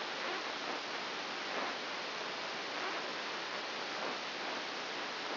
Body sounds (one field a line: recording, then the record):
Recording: brain microelectrode recording played as sound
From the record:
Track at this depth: inside the subthalamic nucleus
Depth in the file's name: 2.204 mm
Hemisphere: right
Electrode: 2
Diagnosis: Parkinson's disease